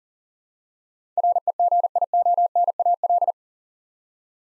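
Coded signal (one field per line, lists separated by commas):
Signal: Morse code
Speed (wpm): 40 wpm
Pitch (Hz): 700 Hz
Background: none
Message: REGIONAL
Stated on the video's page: Morse code practice of eight-letter words for head copy at 40 wpm.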